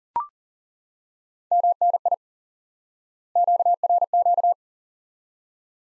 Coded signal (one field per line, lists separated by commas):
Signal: Morse code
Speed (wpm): 40 wpm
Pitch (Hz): 700 Hz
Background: none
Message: MNI QRQ